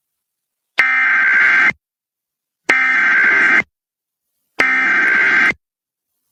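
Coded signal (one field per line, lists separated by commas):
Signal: Emergency Alert System (SAME) tones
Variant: header bursts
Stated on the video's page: EAS administrative message about a missing person, aired on KALT-FM.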